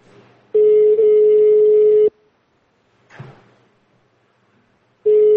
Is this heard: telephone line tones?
yes